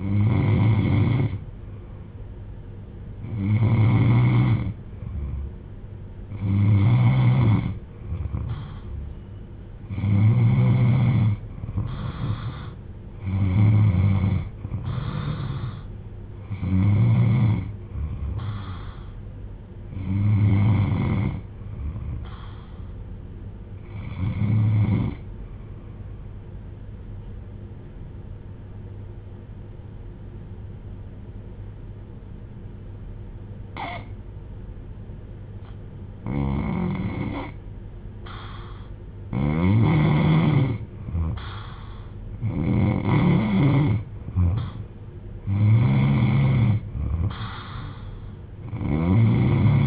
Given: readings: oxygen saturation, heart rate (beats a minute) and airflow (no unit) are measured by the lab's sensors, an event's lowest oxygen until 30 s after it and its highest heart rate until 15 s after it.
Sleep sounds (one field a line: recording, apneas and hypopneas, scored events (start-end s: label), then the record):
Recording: breathing in sleep by a smartphone at the bedside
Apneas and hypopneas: 1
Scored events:
26.00-44.70 s: hypopnea (N3, oxygen 96% highest, then 90% lowest)
From the record:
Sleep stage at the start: N3 (deep sleep)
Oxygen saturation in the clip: 92 to 96%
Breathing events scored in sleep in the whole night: 310 in 8.1 hours asleep